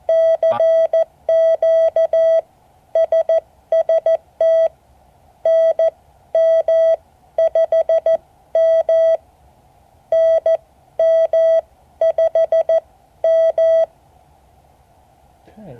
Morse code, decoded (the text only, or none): CQ SST NM5M NM5M